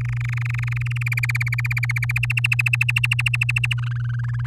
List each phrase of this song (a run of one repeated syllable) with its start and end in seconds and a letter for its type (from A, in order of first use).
0.00-1.03 A, 1.06-2.12 B, 2.16-3.74 C, 3.77-4.47 D